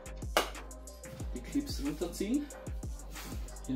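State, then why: Released. Plastic retaining clips on the panel frame of an LG 42LN540 TV, opened for a backlight repair, are pulled down by fingernails with no tool, and one clip releases with a sharp snap at 0.4 s. Music plays in the background and someone talks. The clips are pulled open and the part is freed.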